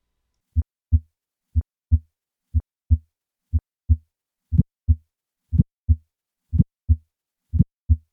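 Steady heartbeat at 60 per minute in an adult with significant aortic stenosis: four plain beats with normal heart sounds, then a sharp early-systolic ejection click is added, which localizes the obstruction to the valvular level and suggests a bicuspid aortic valve.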